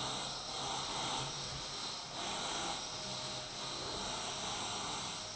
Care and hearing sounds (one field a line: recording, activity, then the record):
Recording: daily activity, microphone in the room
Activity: vacuum cleaning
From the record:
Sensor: 3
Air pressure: 991.0 hPa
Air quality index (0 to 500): 129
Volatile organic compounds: 151 ppm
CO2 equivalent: 4026 ppm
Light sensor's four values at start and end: 30/71/29/27 and 30/71/29/27